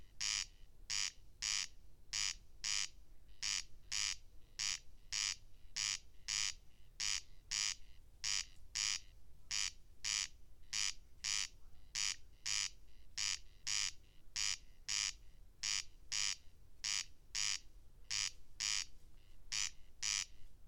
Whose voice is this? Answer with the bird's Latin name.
Crex crex